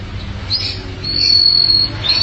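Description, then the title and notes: Canary note: one rising sweep followed by a long, steady high whistle. "BM Suara Kenari. BM Suara Burung Kenari"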